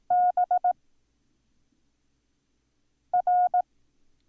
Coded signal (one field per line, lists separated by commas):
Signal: Morse code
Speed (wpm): 18 wpm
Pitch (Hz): 720 Hz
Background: none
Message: B R